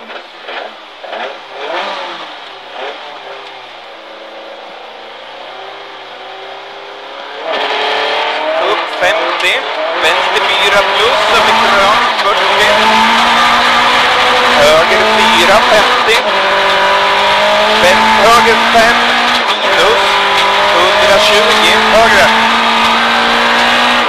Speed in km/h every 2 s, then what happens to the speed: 0, 0, 0, 17, 31, 46, 62, 80, 101, 106, 121, 133.
0-4 standing. 4-24 pulls away to 133.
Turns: none.